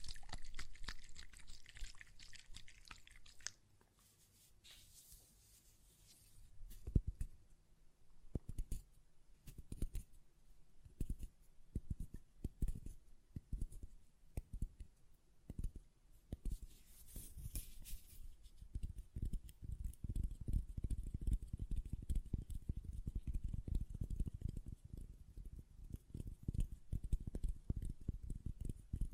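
Glass perfume bottle tapped and handled in bursts of quick clicks and knocks, with a brief bright rattle near seventeen seconds and denser low tapping later.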